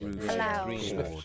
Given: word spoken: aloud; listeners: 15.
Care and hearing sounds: one English word in noise, from a listening test; four-talker babble; -0.2 dB; 5 of 15; 9 of 15; 0.85 s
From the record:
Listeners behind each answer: 9, 5, 1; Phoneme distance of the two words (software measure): 7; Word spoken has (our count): 2 syllables, 4 phonemes, stress on syllable 2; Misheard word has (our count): 2 syllables, 3 phonemes, stress on syllable 2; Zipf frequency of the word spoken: 3.58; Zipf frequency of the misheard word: 4.76

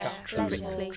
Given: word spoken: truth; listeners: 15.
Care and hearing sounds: one English word in noise, from a listening test; four-talker babble; -0.6 dB; 0 of 15; 10 of 15; 0.57 s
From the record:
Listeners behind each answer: 10, 2, 1, 1, 1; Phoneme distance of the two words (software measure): 7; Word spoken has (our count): 1 syllable, 4 phonemes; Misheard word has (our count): 1 syllable, 3 phonemes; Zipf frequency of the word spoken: 4.91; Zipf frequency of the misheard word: 5.33

